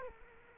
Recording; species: mosquito wingbeat signal from an infrared sensor; Culex quinquefasciatus